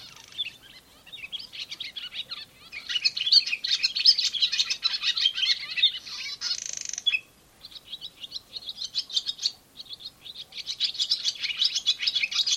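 Barn swallow twittering: rapid, high chattering notes in long bouts, with brief pauses before more chatter.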